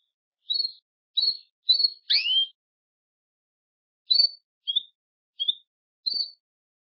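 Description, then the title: Canary song: short clipped whistled notes in two groups separated by a pause, one note sweeping upward, the rest high and brief. "Canario Belga"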